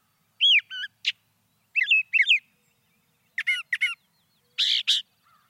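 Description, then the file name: Brown thrasher giving a few paired, slurred musical phrases and harsh rasping notes, with pauses between. "suara-kicauan-brown-thrasher 2-omkicau"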